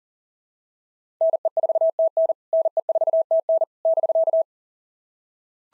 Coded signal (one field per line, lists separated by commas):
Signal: Morse code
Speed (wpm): 42 wpm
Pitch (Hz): 650 Hz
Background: none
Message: NE4TN NE4TN <BK>